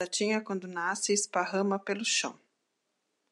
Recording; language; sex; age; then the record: short text; Brazilian Portuguese; female; 60 to 69 years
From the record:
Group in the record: control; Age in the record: 61 years